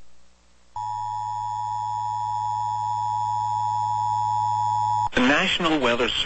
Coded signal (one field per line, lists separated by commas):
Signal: Emergency Alert System (SAME) tones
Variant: 853 and 960 Hz attention tone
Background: speech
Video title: EAS Severe Thunderstorm Watch #12 Ark-La-Tex Region Including Texarkana NOAA Weather Radio